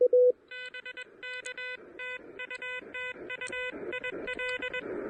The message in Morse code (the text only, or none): BK TU TU IL